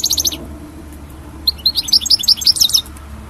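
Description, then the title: European goldfinch giving a short buzzy trill, then after a pause a run of high, chirping twitter notes. "Chant Chardonneret"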